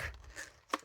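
A gel pen is pushed up with a helper tool and pulled out of its tight plastic slot in a pen case's storage tray, with soft scraping and rustling first. A sharp click at 0.7 s marks the pen coming free of the holder.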